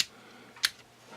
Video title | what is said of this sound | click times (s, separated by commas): Installing LED running lights in my 2008 Dodge 2500 | that's it there snaps right into that little hole that I made for it | 0.6 s